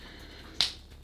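During transformation of a Transformers WFC Kingdom Rodimus Prime toy, a gray plastic arm/frame part is pushed into the plastic trailer body as it becomes the body frame. A single sharp, bright click sounds at 0.6 s and fades within about 0.2 s against a quiet background. The part clicks into place and is seated.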